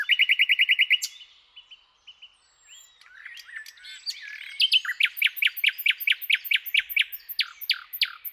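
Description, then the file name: Common nightingale song: a loud rapid trill opens, quiet twittering follows, then a long series of evenly repeated sharp notes. "Luscinia megarhynchos"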